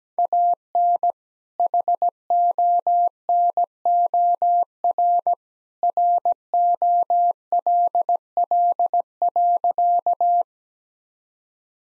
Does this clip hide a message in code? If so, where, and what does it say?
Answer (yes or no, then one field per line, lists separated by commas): yes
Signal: Morse code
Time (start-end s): 0.2-10.4 s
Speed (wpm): 17 wpm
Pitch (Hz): 700 Hz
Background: none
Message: AN HONOR ROLL.